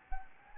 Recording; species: mosquito wingbeat signal from an infrared sensor; Anopheles gambiae